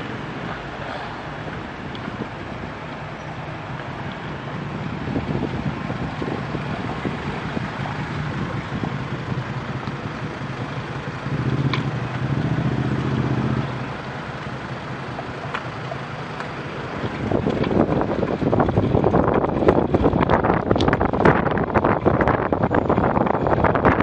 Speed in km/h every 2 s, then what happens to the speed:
0, 3, 3, 0, 0, 0, 0, 6, 14, 21, 25, 26.
0-5 steady at about 3. 5-13 standing. 13-24 pulls away to 26.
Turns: 14-17.